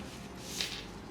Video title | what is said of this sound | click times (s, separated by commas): Top ₹50K PC Build Revealed: 2024's Intel & MSI Masterpieces! 🔥 | and you will hear the click sound | 0.6 s